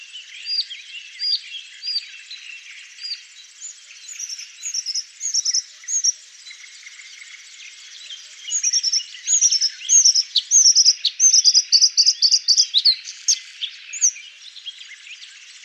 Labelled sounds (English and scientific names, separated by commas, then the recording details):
Bluethroat (Luscinia svecica) song
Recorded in the wild
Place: Pripyatskiy NP, BY
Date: 2005-05-28
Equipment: Minidisc Sony MZ-R35, Telinga DAT, Telinga-Parabolspiegel
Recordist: Schwarz, Dieter